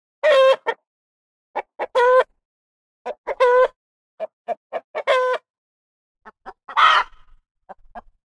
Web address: chicken cluck